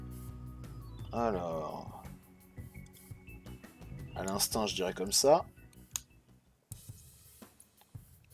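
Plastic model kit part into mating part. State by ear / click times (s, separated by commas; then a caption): seated / 6.0 s, 6.7 s. Two plastic parts of a Figure-rise model kit are pressed together while someone talks over background music. Sharp clicks come at 6.0 s and 6.7 s as the parts snap into place. They are seated and fit together well.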